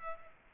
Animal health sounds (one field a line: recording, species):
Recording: mosquito wingbeat signal from an infrared sensor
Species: Culex pipiens